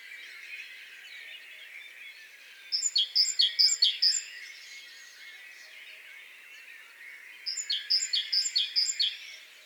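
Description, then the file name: Great tit giving two short bursts of rapid, repeated high notes against a constant hiss of other birds in the background. "Parus major"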